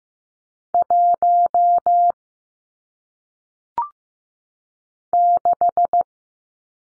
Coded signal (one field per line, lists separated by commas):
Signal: Morse code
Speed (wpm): 15 wpm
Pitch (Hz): 700 Hz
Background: none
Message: 1 6